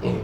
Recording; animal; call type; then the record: contact call of a hoofed animal; pig; closed-mouth grunt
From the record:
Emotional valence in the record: negative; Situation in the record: short social isolation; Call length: 0.23 s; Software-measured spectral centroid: 1320 Hz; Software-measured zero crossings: 900 a second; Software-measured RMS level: -25 dBFS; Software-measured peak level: -12 dBFS